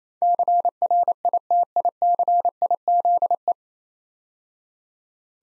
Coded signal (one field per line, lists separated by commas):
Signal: Morse code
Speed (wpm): 28 wpm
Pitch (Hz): 700 Hz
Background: none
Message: CRITICIZE